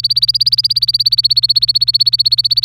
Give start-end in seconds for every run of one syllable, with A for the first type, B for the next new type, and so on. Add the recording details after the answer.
0.00-2.65 A. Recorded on 25 April 2018 at 18:18. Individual llb3